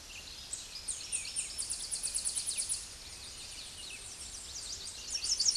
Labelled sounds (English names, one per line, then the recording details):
Tennessee Warbler song
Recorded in a Pennsylvania forest on 16 May 2024 at 08:29
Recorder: AudioMoth, point MSD-0383
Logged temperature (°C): 15.3 °C
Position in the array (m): 75 m, 203 m